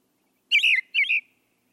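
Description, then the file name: Brown thrasher: a short phrase of two quick, rich slurred notes; otherwise quiet. "suara kicauan brown thrasher. omkicau"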